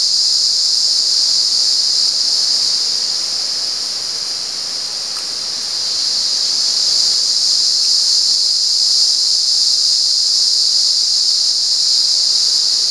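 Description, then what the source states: Cicada drone, high and shrill, dipping slightly in loudness around the middle before swelling back and running on unbroken. At San Ramon.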